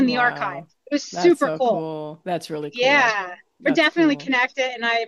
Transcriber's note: none